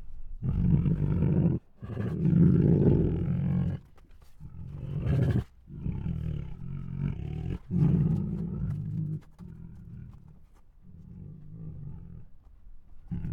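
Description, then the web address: Tiger groans and moans, a series of low rumbling bursts separated by short pauses. Hungry tiger making groans, huffs, moans and snores. "Sound Ideas Tigers"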